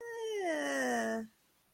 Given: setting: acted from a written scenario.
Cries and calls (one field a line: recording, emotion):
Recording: vocal sound without words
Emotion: neutral